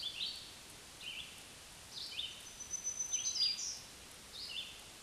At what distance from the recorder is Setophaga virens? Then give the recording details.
about 15 m. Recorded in a Pennsylvania forest on 1 June 2023 at 06:14. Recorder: AudioMoth, point grid3_16_low. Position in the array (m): 243 m, 146 m